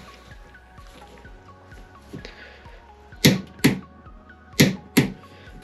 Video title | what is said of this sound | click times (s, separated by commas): Halfords Advanced 3/8” Torque Wrench Review | yeah i would say that feels pretty good it's a nice positive click | 3.2 s, 3.6 s, 4.6 s, 5.0 s